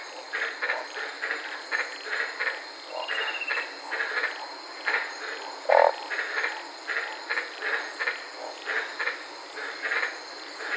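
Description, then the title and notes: White-lipped tree frogs in a busy chorus of short, harsh, repeated barks, with one brief sharp knock. Several frogs calling at night in the Daintree rainforest, Queensland, Australia, recorded from inside a car. "White Lipped Frog Podcast. I was sitting in my car in the Daintree rainforest in Queensland this night and fell asleep listening to these amazing White lipped frogs"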